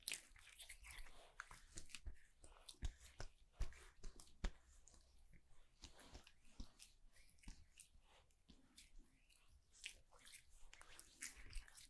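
Haircut sounds: a dense run of short, crisp snips and rustles, close together and irregular throughout, bright and scratchy. Sharper clicks stand out now and then, near 3, 3.5, 4.5 and 6.5 seconds, over a faint low hum.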